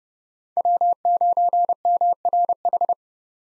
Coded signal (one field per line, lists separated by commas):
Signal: Morse code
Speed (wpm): 30 wpm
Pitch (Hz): 700 Hz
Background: none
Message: W9MRH